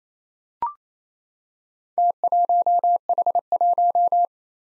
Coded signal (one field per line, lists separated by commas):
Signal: Morse code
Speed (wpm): 27 wpm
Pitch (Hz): 700 Hz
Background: none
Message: T1H1